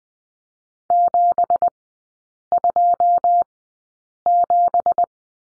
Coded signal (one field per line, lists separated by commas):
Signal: Morse code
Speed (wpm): 19 wpm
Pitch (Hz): 700 Hz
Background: none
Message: 727